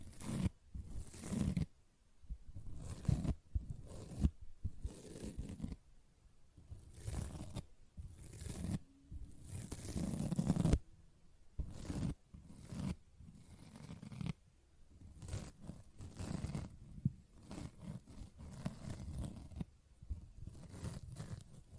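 A sponge is handled, scratched and squished in short, rough bursts that come every second or so, separated by brief silences. The strokes are rasping and tearing in texture with a soft low thud under them, and a heavier squish lands near ten seconds.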